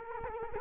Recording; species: mosquito wingbeat signal from an infrared sensor; Culex quinquefasciatus